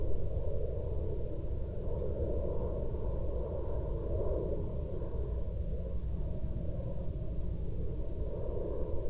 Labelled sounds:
aircraft
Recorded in the Prudhoe Bay oil fields, Alaska, on 30 July 2021 at 06:55
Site 13

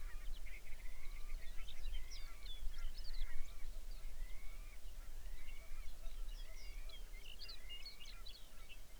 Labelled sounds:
songbird
waterfowl
grouse or ptarmigan
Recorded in the Arctic National Wildlife Refuge, Alaska, on 23 May 2019 at 06:01
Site 49

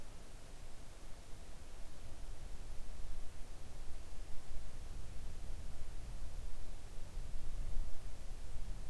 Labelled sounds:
near silence
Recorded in the Arctic National Wildlife Refuge, Alaska, on 3 August 2019 at 05:26
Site 41

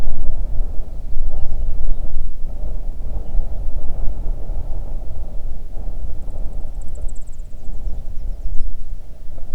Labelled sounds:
bird
wind
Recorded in the Arctic National Wildlife Refuge, Alaska, on 3 June 2019 at 04:41
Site 37

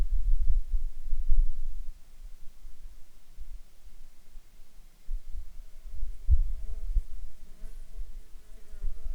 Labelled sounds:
insects
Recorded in Ivvavik National Park, Yukon, on 21 June 2019 at 19:01
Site SINP09

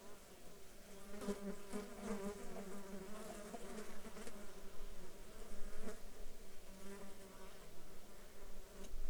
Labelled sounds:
insects
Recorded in the Arctic National Wildlife Refuge, Alaska, on 16 July 2019 at 14:11
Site 35

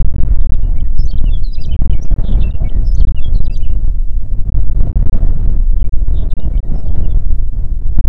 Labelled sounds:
songbird
wind
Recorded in the Prudhoe Bay oil fields, Alaska, on 6 June 2019 at 03:47
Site 16

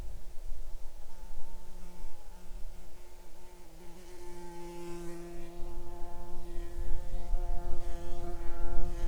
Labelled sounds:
insects
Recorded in the Arctic National Wildlife Refuge, Alaska, on 6 July 2019 at 00:28
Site 39

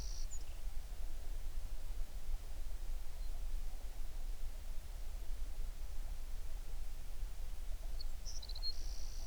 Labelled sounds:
songbird
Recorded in the Prudhoe Bay oil fields, Alaska, on 11 June 2019 at 05:27
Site 21

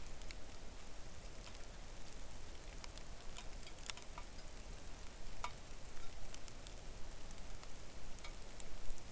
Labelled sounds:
rain
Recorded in the Arctic National Wildlife Refuge, Alaska, on 3 August 2019 at 09:43
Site 41

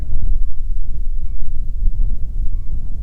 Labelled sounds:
bird
wind
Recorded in the Prudhoe Bay oil fields, Alaska, on 6 June 2019 at 03:44
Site 16

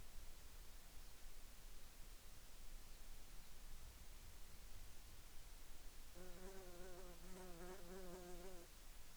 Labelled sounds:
bird
insects
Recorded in the Arctic National Wildlife Refuge, Alaska, on 11 July 2019 at 07:49
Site 44

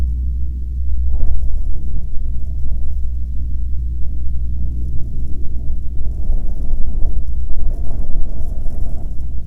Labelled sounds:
wind
aircraft
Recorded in the Prudhoe Bay oil fields, Alaska, on 21 June 2019 at 09:44
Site 22

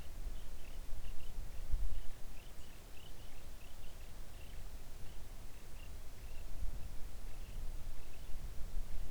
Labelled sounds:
songbird
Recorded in the Arctic National Wildlife Refuge, Alaska, on 3 August 2019 at 05:36
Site 41

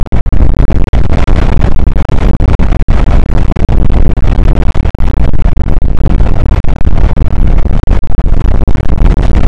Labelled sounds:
wind
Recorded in the Prudhoe Bay oil fields, Alaska, on 8 May 2019 at 00:04
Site 24

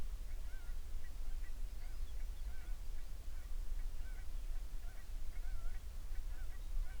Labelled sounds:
songbird
waterfowl
seabird
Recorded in the Prudhoe Bay oil fields, Alaska, on 11 June 2019 at 04:52
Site 21

